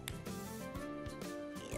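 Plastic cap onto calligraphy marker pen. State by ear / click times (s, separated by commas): seated / 0.1 s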